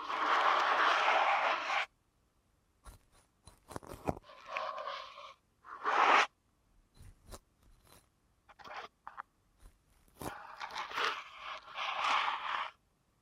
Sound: ASMR Deep Ear Canal Massage